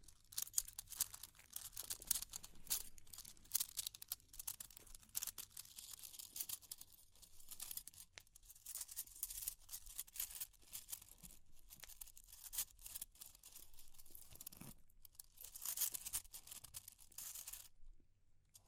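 Fire crackling with dense, irregular snaps and crisp pops packed through most of the clip, bright and rapid like crinkling paper. Quieter gaps open around 7 and 15 seconds, and a low rumble runs underneath before everything drops away near the end.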